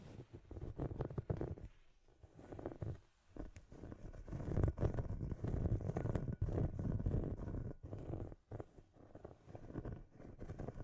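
Scratchy tapping fills the recording with dense, irregular scraping and rubbing sounds, mostly low and rough with brighter ticks scattered through. Brief near-silent gaps break it up around two, three and eight and a half seconds before the scratching resumes.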